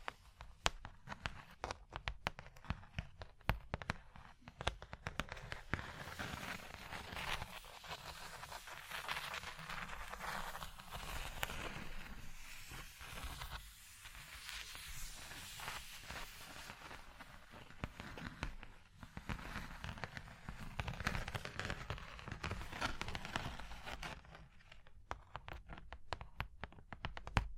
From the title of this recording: Surface Tapping, Scratching, Tracing Sounds